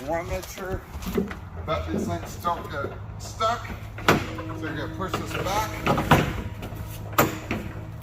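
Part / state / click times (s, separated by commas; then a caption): quickdraw latch on a flatbed trailer sliding tarp system / not seated / none. Someone talks while handling the quickdraw latch on a flatbed trailer's sliding tarp system, pushing it back so its steel latch will lock. Sharp metallic knocks and clanks ring out through the clip, loudest near 7.2 s and 7.5 s. Nothing has seated or locked yet.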